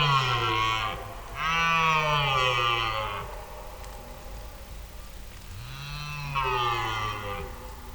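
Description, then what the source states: Red deer giving three long, low moaning bellows with rich overtones, each sagging in pitch; the first, cut off at the start, and the second come close together, and the last follows after a pause of about two seconds. Wild males calling at night during the mating season near Uppsala, calling out for females and defending territory; heard on the first night out.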